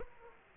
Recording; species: mosquito wingbeat signal from an infrared sensor; Aedes aegypti